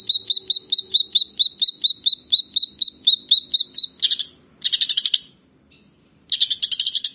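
Grey-cheeked bulbul: rhythmic whistled pips for four seconds, then several loud rasping chatter bursts.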